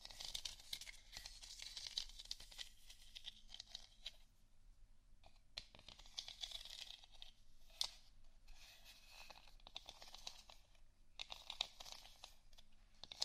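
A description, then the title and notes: Scratching and tapping on various items: dry, papery rasps come in bursts, strongest around the first two seconds, six to seven, and ten to twelve seconds, with quieter gaps between. Sharp little taps punctuate the scratching, notably near eight and twelve seconds. ASMR Scratchtap On Various Items （No Talking）.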